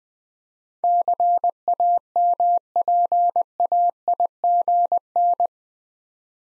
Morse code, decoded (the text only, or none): CAMPAIGN